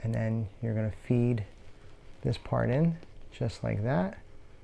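While reassembling a SIG Sauer P365 pistol's striker assembly, the spring is pressed down with a finger and the metal striker backplate is fed into the slide. Someone talks throughout, with only faint handling noise underneath. The clip ends before the backplate goes home, so nothing has seated or clicked yet.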